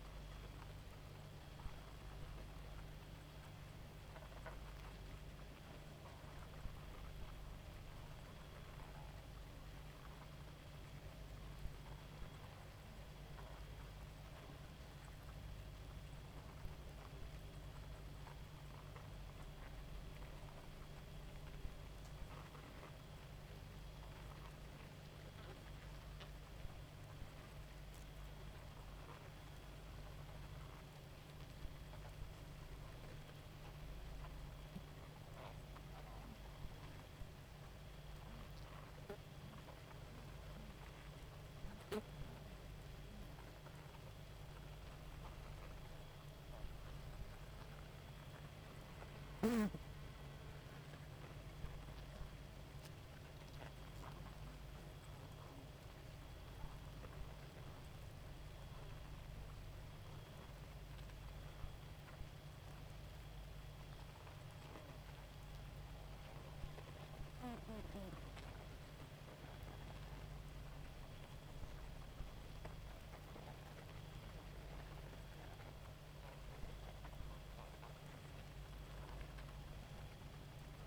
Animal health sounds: honeybee colony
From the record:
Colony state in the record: active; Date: 28 July 2017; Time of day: 1:57

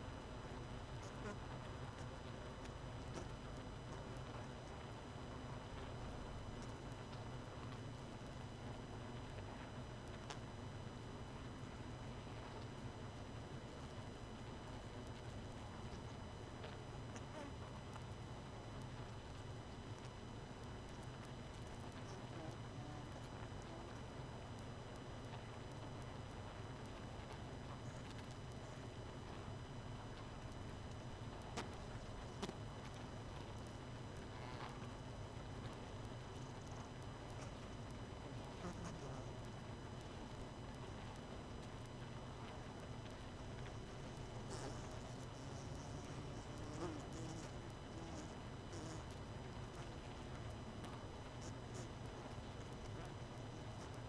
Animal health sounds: honeybee colony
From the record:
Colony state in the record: missing queen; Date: 31 May 2018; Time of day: 23:53

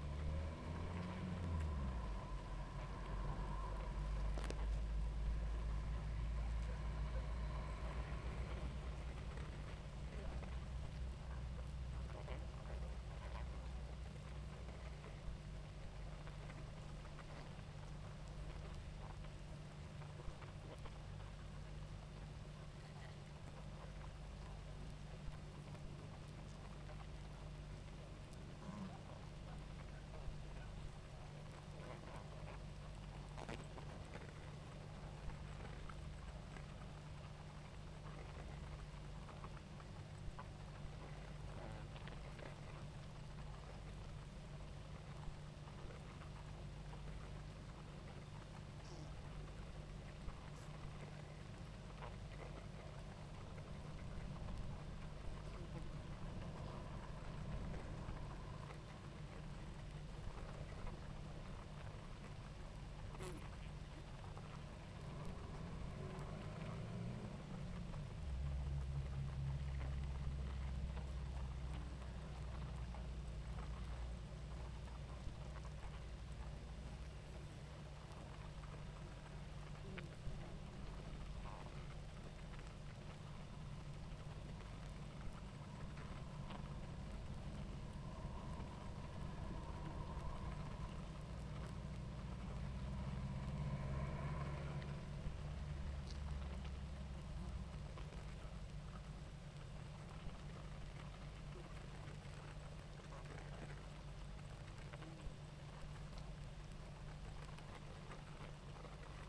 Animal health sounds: honeybee colony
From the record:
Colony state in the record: active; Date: 28 July 2017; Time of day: 19:03

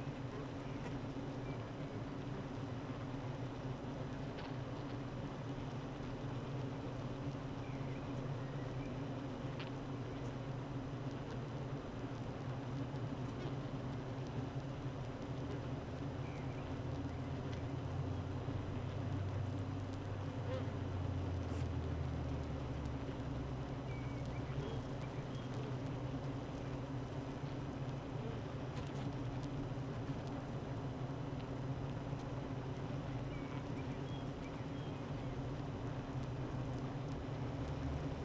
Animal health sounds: honeybee colony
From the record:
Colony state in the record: active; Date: 12 June 2018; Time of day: 8:36

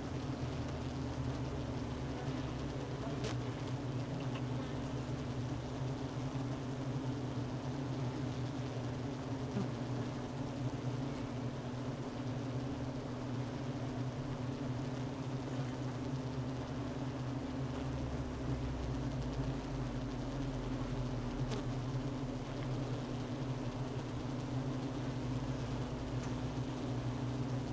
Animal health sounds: honeybee colony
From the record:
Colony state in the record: missing queen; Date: 31 May 2018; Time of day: 12:37

